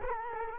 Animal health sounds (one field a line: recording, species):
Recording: mosquito wingbeat signal from an infrared sensor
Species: Culex quinquefasciatus